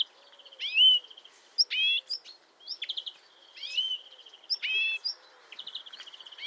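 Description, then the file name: European greenfinch twittering, mixing rapid buzzy trills with sharp chirps and sweeping whistles. "Chloris chloris"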